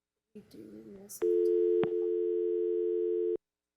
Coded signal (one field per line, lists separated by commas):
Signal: telephone call progress tone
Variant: North America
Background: speech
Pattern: dial tone